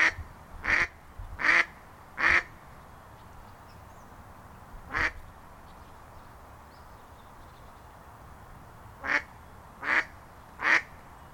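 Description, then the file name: Mallard giving harsh nasal quacks: a run of three, a single one after a pause, then another three. "Stockente Quack"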